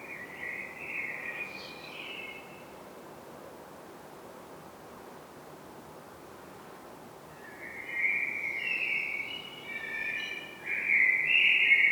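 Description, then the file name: Common blackbird singing clear fluty phrases, one at the start, then after a pause a longer rich warble that climbs into bright, squeaky high notes. "Turdus merula"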